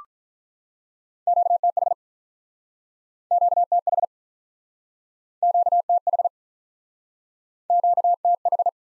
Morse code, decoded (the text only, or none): QTH QTH QTH QTH